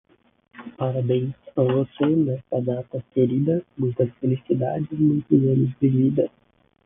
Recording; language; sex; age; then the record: short text; Brazilian Portuguese; male; 20 to 29 years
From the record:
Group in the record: control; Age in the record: 27 years